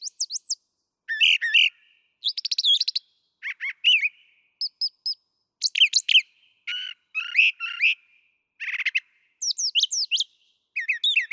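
Brown thrasher singing a long sequence of contrasting phrases, looping high whistles, harsh buzzes and quick chirps, with many phrases given twice.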